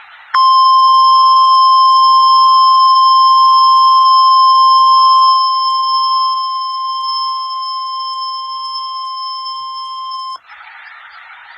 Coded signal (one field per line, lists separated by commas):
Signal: Emergency Alert System (SAME) tones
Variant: 1050 Hz attention tone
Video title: EASs 137 and 138 - Tornado Watch 60 Expansion and New Watch issurance